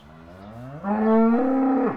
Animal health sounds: contact call of a hoofed animal; cattle; low-frequency (closed-mouth) or high-frequency (open-mouth) call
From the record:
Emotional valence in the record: positive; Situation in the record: physical reunion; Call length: 1.96 s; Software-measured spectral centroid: 830 Hz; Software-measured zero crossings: 1000 a second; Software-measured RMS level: -22 dBFS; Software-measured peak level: -10 dBFS

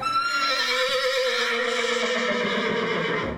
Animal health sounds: contact call of a hoofed animal; horse; whinny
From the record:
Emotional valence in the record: negative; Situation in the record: group separation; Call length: 3.4 s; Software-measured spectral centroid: 2880 Hz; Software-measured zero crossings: 3580 a second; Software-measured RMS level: -24 dBFS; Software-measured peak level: -11 dBFS

